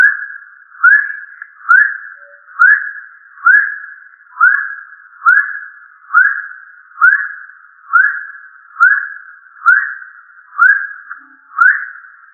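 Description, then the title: Rail giving a sharp rising whistle over and over at an even pace, about one note per second, with nothing else audible. "LuckyFamilia RallidaeFrangoSama"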